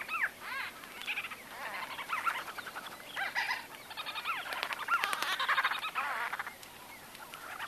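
White-fronted bee-eater calls: overlapping rolling, rising notes in steady chatter, with a hiss of background noise.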